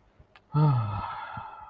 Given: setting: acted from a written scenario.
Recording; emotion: vocal sound without words; serenity